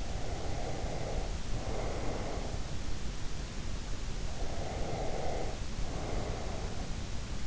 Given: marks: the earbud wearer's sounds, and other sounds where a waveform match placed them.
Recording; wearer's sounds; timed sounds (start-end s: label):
sounds in sleep by an in-ear microphone; breath
0.00-2.64 s: breath
4.45-6.71 s: breath